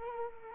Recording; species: mosquito wingbeat signal from an infrared sensor; Culex quinquefasciatus